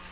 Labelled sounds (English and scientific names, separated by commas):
Black-throated Green Warbler (Setophaga virens) flight call